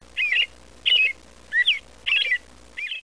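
Robin calling with short, squeaky, warbled chirps, five brief notes in a steady series, over faint background hiss.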